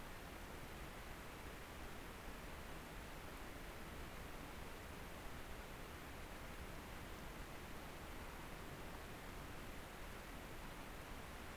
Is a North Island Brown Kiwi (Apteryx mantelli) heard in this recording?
no